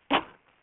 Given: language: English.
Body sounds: throat vibration sensor signal played as sound; cough

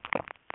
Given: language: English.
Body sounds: throat vibration sensor signal played as sound; swallow

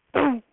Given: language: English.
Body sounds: throat vibration sensor signal played as sound; throat clearing

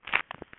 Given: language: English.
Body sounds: throat vibration sensor signal played as sound; swallow

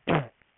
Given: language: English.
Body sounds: throat vibration sensor signal played as sound; throat clearing

